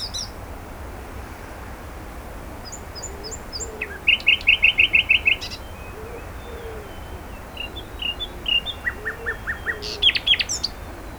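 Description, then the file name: Common nightingale singing a loud rapid trill of about eight notes, scattered thin high whistles, then a softer trill series and short buzzy bursts. "Luscinia megarhynchos"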